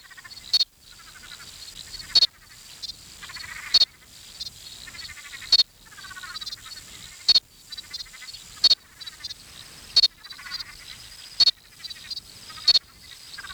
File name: Crinia deserticola